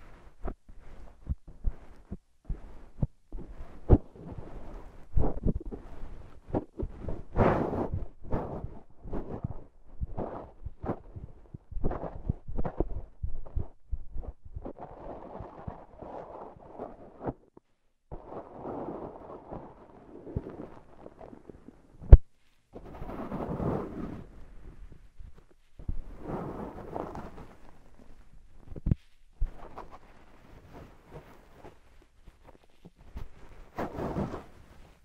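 Slime and sand being squished and pressed, in irregular bursts of soft, wet crackling and clicking, heavy in the lower middle range. Dense patches around 7, 15–20, 23 and 27 seconds alternate with quieter gaps, and a sharp tap lands near 22 seconds.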